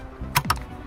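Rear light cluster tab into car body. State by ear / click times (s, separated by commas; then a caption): seated / 0.4 s, 0.5 s. On a Citroen DS3, the plastic rear light cluster is pressed further home into the car body so its second tab clips in. Two sharp clicks are heard at 0.4 s and 0.5 s, and the tab is seated.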